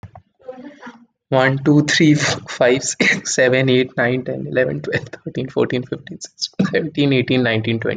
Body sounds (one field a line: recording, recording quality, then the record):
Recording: counting at a fast pace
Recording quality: excellent, no background noise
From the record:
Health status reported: COVID-19 positive, mild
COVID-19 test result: positive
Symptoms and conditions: cough, fatigue, muscle pain, loss of smell and taste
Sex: male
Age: 27 years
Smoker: not ticked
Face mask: not worn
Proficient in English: yes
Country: India